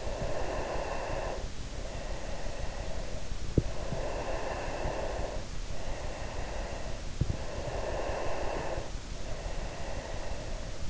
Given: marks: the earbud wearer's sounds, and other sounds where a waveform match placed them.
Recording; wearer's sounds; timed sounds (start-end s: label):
sounds in sleep by an in-ear microphone; breath
0.00-3.63 s: breath
4.09-6.95 s: breath
7.27-10.90 s: breath